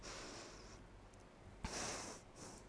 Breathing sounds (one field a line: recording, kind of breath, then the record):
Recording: one breath in and out by a microphone near the nose and mouth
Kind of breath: deep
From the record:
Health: marked as sick, illness not named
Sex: female